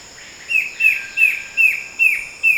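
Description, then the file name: Bird calls: six short, sharp notes evenly spaced, over a steady insect drone. "SABIOD 50 bird 2015"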